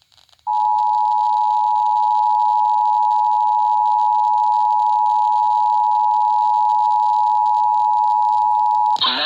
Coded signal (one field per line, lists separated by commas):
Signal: Emergency Alert System (SAME) tones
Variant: 853 and 960 Hz attention tone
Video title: Severe Thunderstorm Warning on WQSM-FM (EAS #1286)